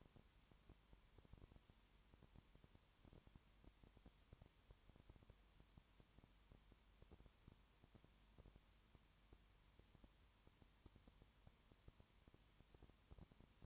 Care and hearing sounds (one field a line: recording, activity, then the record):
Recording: daily activity, microphone in the room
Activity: no activity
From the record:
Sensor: 3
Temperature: 21.1 degrees Celsius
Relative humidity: 37.0%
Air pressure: 1010.6 hPa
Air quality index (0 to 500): 204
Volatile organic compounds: 31 ppm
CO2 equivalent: 2983 ppm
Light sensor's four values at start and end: 2/3/2/2 and 2/3/2/2